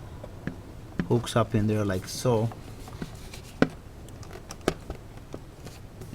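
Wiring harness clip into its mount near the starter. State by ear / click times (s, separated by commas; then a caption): seated / 3.6 s. While reassembling the starter on a BMW X3, a plastic wiring-harness piece is hooked into its clip on the mount near the starter and pushed home as someone talks. After a few light taps, a sharp click rings out at 3.6 s, and the clip is seated.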